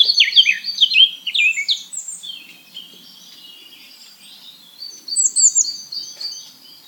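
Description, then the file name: Eurasian blackcap singing two phrases of quick, varied, clear warbled notes, some sliding downward, separated by a few seconds of quiet chatter. "Sylvia atricapilla"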